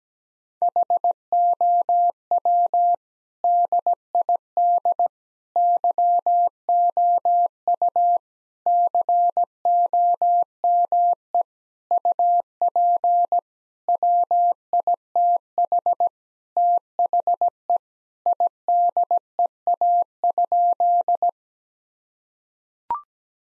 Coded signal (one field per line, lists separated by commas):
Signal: Morse code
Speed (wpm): 17 wpm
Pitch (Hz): 700 Hz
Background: none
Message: HOW DID YOU COME UP WITH THE IDEA?